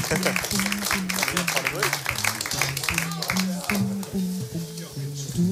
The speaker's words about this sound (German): Ein Applaus bitte.